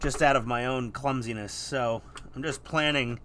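A plastic suspension detail part for the lower hull of an Agora Models 1/16 scale Leopard 2A6 Main Battle Tank partwork kit is handled while someone talks. No click is heard, and nothing has seated or snapped in yet.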